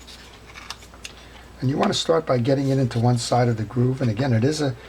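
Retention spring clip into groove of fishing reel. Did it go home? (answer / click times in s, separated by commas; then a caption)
no / none. A metal retention spring clip is lined up and started into one side of its groove on a Ryobi Sliver Series fishing reel during a take-apart and tune-up. Small handling clicks and taps sound near 0.7, 0.9 and 1.1 seconds, then someone talks. The clip has not yet been forced home and nothing has seated or clicked yet.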